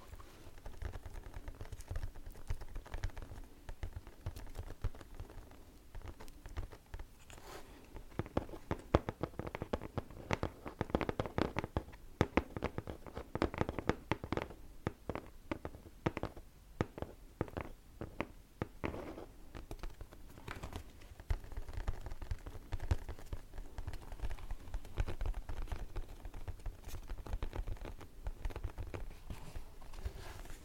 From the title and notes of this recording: Tapping. In dieser Folge tippe ich für pure Entspannung, auf verschiedenen Gegenständen.